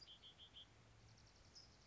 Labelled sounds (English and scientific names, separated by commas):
Red-winged Blackbird (Agelaius phoeniceus)